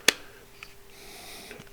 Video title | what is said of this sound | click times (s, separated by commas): Raspberry Pi 4 - Model B (8GB) Unit Assembly | and as you do that you can actually fill it pop into place and it makes it so that | 0.1 s